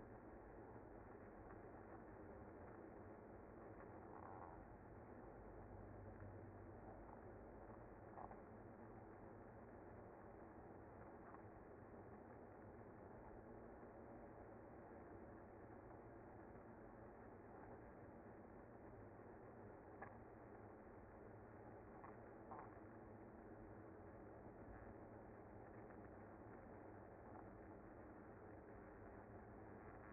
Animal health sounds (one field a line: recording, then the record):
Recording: honeybee colony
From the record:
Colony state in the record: active